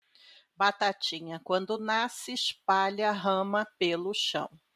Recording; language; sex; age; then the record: short text; Brazilian Portuguese; female; 50 to 59 years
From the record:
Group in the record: control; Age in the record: 55 years